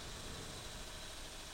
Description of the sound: CPAP.